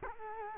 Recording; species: mosquito wingbeat signal from an infrared sensor; Culex quinquefasciatus